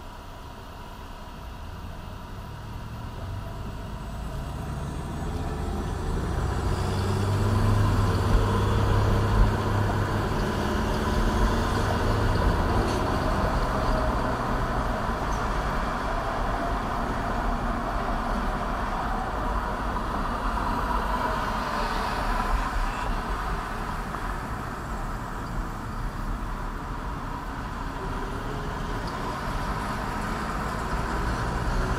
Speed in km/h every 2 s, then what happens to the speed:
0, 0, 2, 16, 27, 35, 44, 45, 45, 39, 32, 26, 21, 19, 18, 26.
0-4 standing. 4-12 pulls away to 44. 12-17 steady at about 45. 17-27 slows to 18. 27-32 speeds up to 26.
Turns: none.